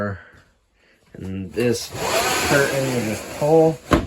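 A spring roller curtain in the bathroom of a 2022 Salem Hemisphere 310BH RV is being pulled down toward its catch while someone talks, with a soft broadband rustle from about 1.5 s onward. Nothing has seated or clicked yet.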